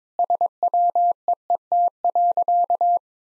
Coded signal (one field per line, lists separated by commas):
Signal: Morse code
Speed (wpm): 22 wpm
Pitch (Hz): 700 Hz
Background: none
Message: SWEET.